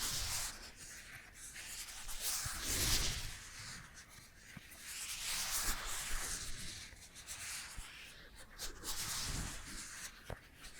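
Scratching and brushing sounds come in repeated soft swells, each rising for a second or two and fading, around 0–3, 5–7 and 8–10 seconds. The strokes are hissy and bright, with faint low thumps and clicks scattered between them, and no talking.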